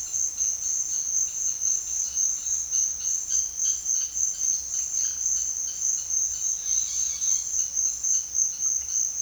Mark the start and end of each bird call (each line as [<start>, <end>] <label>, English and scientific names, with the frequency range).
[0.00, 9.21] Slaty-headed Tody-Flycatcher (Poecilotriccus sylvia) (0.8-6.5 kHz)
[6.55, 7.47] Boat-billed Flycatcher (Megarynchus pitangua) (0.5-7.1 kHz)